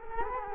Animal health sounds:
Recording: mosquito wingbeat signal from an infrared sensor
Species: Culex quinquefasciatus

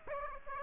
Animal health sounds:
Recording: mosquito wingbeat signal from an infrared sensor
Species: Aedes aegypti

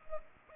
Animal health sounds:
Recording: mosquito wingbeat signal from an infrared sensor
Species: Culex pipiens

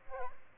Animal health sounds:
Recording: mosquito wingbeat signal from an infrared sensor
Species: Aedes albopictus

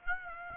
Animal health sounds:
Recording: mosquito wingbeat signal from an infrared sensor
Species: Aedes aegypti

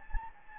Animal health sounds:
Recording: mosquito wingbeat signal from an infrared sensor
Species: Anopheles gambiae

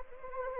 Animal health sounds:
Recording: mosquito wingbeat signal from an infrared sensor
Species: Anopheles arabiensis

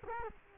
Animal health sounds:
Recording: mosquito wingbeat signal from an infrared sensor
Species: Culex quinquefasciatus

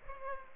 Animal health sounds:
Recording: mosquito wingbeat signal from an infrared sensor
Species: Culex pipiens

